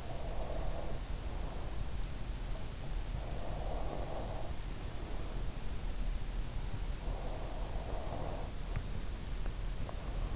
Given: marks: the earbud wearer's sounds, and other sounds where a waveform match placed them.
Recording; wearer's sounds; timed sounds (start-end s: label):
sounds in sleep by an in-ear microphone; breath
0.00-2.07 s: breath
3.11-5.68 s: breath
6.95-10.36 s: breath